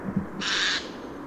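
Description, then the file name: Eurasian jay giving a single harsh, rasping screech lasting under half a second, preceded by a faint low thump. "Garrulus glandarius"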